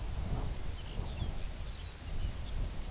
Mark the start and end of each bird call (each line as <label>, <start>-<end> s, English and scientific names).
Lapland Longspur (Calcarius lapponicus), 0.48-2.64 s